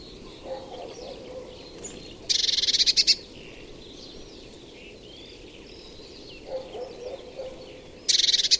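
Bird calls: two loud churring rattles of fast high pulses about six seconds apart, with softer low notes and scattered faint chirps in between over background hiss.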